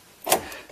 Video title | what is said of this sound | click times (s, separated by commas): How to fix Whirlpool Washer F7E1 Contact Service Error (+Set Service Mode to Recalibrate Wash Cycle) | Then take your wiring and reconnect it here. Make sure you hear it snap in place there. | 0.3 s